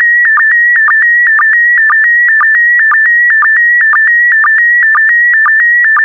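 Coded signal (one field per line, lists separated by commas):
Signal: SSTV (slow-scan television)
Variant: PD120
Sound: warbling whistle around 1.9 kHz with rhythmic low blips twice a second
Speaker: The next image transmission will start in 10 seconds. Five, four, three, two, one. Transmission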